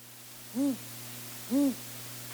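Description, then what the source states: Great Gray Owl hoots: two deep, soft hoots about a second apart over a steady low hum. Minnesota's largest owl, a non-game species; nests in abandoned stick nests built by other large hawks or owls.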